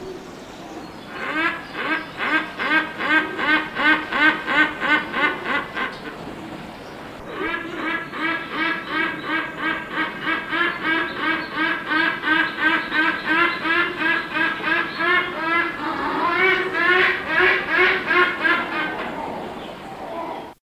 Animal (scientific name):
Bycanistes subcylindricus